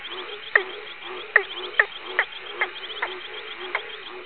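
Frog calls: short, sharp croaking clicks repeated at irregular intervals.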